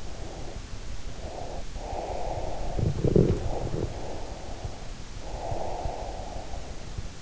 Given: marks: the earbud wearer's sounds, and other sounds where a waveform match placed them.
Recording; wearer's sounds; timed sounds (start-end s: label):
sounds in sleep by an in-ear microphone; breath
0.00-1.66 s: breath
1.79-4.91 s: breath
5.13-6.82 s: breath